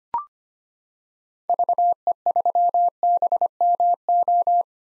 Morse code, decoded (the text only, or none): VE3BMO